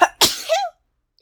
Oscar had a very bad cold and kept sneezing all the time. That is the sound of someone sneezing.